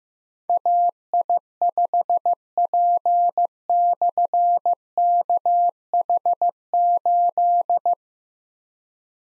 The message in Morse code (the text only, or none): AI5P/KH8